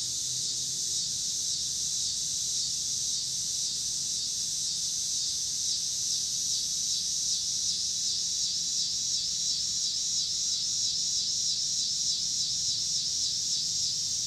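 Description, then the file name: Cicadas in a steady high buzzing chorus over a quiet low rumble. Recorded in Pittsburgh, Pennsylvania, on 26 August 2023, together with passing cars. "2023-08-26 cicadas and cars Pittsburgh PA"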